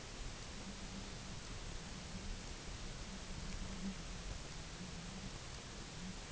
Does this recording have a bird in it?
no